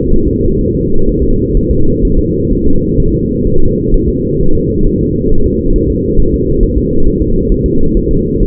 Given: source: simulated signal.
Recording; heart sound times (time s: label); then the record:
fetal heart sounds
0.13 s: S1
0.28 s: S2
0.61 s: S1
0.75 s: S2
1.09 s: S1
1.23 s: S2
1.57 s: S1
1.71 s: S2
2.05 s: S1
2.19 s: S2
2.52 s: S1
2.67 s: S2
3.00 s: S1
3.14 s: S2
3.47 s: S1
3.61 s: S2
3.94 s: S1
4.09 s: S2
4.41 s: S1
4.55 s: S2
4.87 s: S1
5.01 s: S2
5.32 s: S1
5.46 s: S2
5.76 s: S1
5.90 s: S2
6.20 s: S1
6.34 s: S2
6.63 s: S1
6.78 s: S2
7.07 s: S1
7.22 s: S2
7.52 s: S1
7.66 s: S2
7.97 s: S1
8.11 s: S2
8.43 s: S1
From the record:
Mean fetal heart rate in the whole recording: 130 bpm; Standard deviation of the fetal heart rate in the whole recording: 4 bpm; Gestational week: 38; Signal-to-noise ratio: -19.1 dB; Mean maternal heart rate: 72 bpm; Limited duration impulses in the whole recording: present